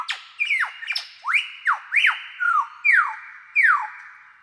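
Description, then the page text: Superb lyrebird song: loud ringing whistles, each sweeping sharply up then down, repeated several times in quick succession. "Большая птица-лира - Superb Lyrebird (Menura novaehollandiae)"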